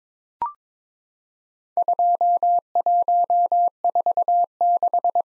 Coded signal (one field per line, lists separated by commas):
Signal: Morse code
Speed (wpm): 21 wpm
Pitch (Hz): 700 Hz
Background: none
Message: 2146